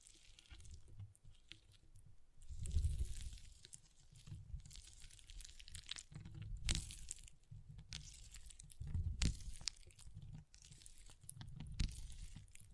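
Water beads are squished and stirred close up, giving wet crunching and crinkling textures. Louder surges of squelching arrive every few seconds, around 3, 7, 9 and 12 seconds, each with a soft low thump under bright crackle, with quieter rustling between.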